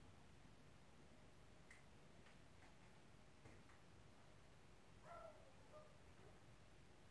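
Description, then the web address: Dog: faint ticking and tapping clicks, then a dog lets out two short muffled barks toward the end, over a constant hiss. Neighbour's dog, 10 May 2021, 13:00. "haagwonen Geluidopnames 2021-05-10 13 00 10 minuten genieten van die hond"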